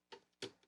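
A storage drive is pushed into a tool-less drive bay inside a LincPlus LincStation NAS, making two sharp clicks at 0.1 s and 0.4 s, each followed by a short fading rattle. The drive snaps into place and is seated in the bay.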